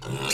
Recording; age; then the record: pig call; weaner (32 to 43 days)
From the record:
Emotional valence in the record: negative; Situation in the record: novel object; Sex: female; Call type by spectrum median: high-frequency call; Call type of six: high-frequency modulated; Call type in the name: high-frequency modulated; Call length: 0.34 s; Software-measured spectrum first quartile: 551 Hz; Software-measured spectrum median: 2489 Hz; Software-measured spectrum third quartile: 4880 Hz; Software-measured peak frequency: 2737 Hz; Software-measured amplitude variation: 121 dB a second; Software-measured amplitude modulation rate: 17.7 a second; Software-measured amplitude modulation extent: 6.8 dB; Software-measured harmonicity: 1.6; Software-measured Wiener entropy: -2.27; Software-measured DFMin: 498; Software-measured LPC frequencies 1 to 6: 1250, 2705, 3531, 4268, 4786, 5773 Hz